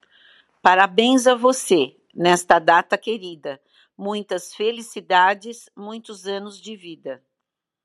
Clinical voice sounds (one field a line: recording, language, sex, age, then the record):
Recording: short text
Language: Brazilian Portuguese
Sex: female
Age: 60 to 69 years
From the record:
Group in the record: control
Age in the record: 65 years